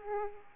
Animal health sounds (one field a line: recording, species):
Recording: mosquito wingbeat signal from an infrared sensor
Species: Aedes aegypti